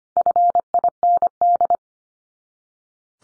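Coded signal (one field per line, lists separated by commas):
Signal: Morse code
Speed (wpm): 25 wpm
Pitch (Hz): 700 Hz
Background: none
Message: FIND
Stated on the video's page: Morse sent at 25 wpm as a head-copy drill of the 300 most common English words, each word sent three times, then spoken, then sent again.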